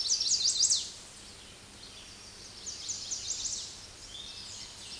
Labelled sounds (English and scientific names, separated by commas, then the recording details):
Chestnut-sided Warbler (Setophaga pensylvanica) song
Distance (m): 35 m
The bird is about level with the microphone
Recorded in a Pennsylvania forest on 16 May 2024 at 06:41
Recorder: AudioMoth, point MSD-0475
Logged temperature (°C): 12.3 °C
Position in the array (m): 111 m, 4 m